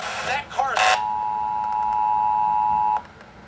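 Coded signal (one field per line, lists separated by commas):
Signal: Emergency Alert System (SAME) tones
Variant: 853 and 960 Hz attention tone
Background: speech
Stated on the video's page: Flash flood warning relayed on NOAA Weather Radio and several broadcast stations.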